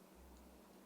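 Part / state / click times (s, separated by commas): bipod legs folding into the rifle body of an action figure / not seated / none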